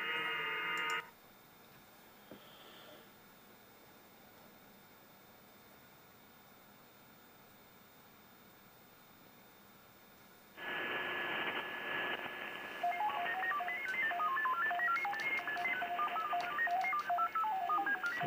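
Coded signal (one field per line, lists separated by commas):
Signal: FT8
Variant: SuperFox mode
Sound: burst of hiss, near silence, then radio hiss with a rapidly hopping, jumping musical tone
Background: radio static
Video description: A second FT8 QSO with the Jarvis Island DXpedition, this time on 20 Meters.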